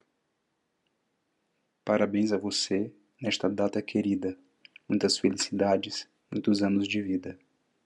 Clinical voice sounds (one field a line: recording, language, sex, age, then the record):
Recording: short text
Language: Brazilian Portuguese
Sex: male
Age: 30 to 39 years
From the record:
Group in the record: control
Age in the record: 33 years